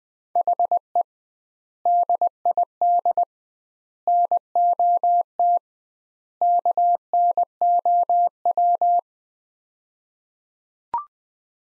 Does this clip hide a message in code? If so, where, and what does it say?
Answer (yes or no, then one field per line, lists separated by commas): yes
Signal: Morse code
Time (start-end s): 0.4-9.0 s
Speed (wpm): 21 wpm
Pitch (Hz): 700 Hz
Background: none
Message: HE DID NOT KNOW